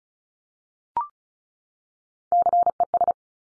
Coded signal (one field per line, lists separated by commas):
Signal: Morse code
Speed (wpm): 36 wpm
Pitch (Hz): 700 Hz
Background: none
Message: CES